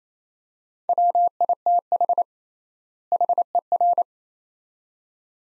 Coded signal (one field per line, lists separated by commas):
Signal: Morse code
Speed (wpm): 28 wpm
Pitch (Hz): 700 Hz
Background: none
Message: WITH HER